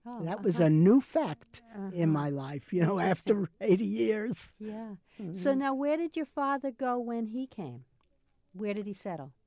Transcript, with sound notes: That was a new fact in my life, you know after (laughs) eighty years!
Yeah. So now where did your father go when he came? Where did he settle?